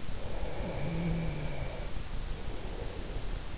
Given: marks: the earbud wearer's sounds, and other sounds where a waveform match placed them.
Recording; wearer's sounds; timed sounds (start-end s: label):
sounds in sleep by an in-ear microphone; snoring breath
0.37-3.34 s: snoring breath